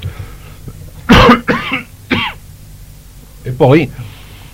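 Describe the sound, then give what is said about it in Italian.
A series of harsh, throaty coughs from a teacher with bronchitis, about four separate bursts with short pauses between them, the first loud and explosive and the later ones rougher and more voiced, over a low steady background hum. “La tosse. La bronchite la fa da padrone.”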